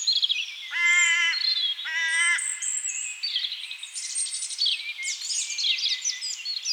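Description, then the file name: European robin song, high jumbled warbling, interrupted early by two loud nasal, harmonic calls from another bird, then rapid high trills continue. "Erithacus rubecula"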